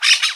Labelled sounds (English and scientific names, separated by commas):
Brown-throated Parakeet (Eupsittula pertinax) contact call